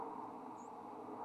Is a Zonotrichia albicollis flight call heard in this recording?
no